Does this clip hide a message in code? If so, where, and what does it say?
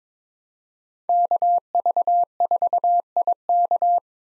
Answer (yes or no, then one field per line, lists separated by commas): yes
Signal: Morse code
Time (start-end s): 1.1-4.0 s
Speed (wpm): 22 wpm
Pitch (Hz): 700 Hz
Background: none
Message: KV4IK